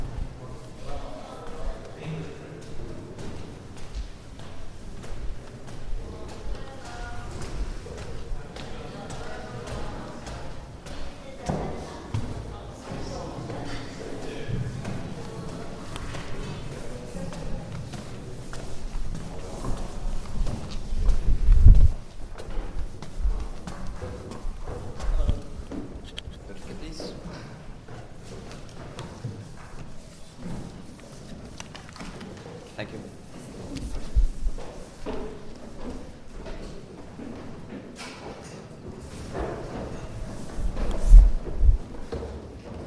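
A walk through Prague from the Castle toward Charles Bridge, with a steady murmur of voices and crowd chatter throughout. Footsteps and occasional clip-clop sounds mix in, and a few sharp knocks or thuds stand out around 22 seconds and near the end.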